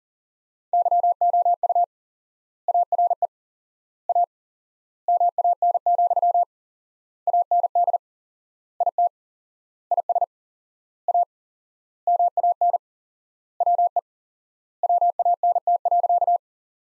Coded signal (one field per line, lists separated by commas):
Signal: Morse code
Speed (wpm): 37 wpm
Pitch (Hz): 700 Hz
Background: none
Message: YOU ARE A MAN, AND IT IS A MAN WE WANT.